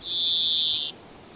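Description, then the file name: European greenfinch call: one loud, drawn-out whistled note held steady for nearly a second, over faint background hiss. "Chloris chloris"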